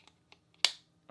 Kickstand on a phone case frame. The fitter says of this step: right so locks into place